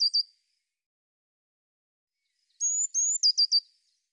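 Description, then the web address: Eurasian blue tit call: the tail of one phrase, then after silence high drawn-out whistles and a quick run of short lower notes. "cianscape birddata Deverinetal 2025 File cleaned normalized Bird Cy Ca"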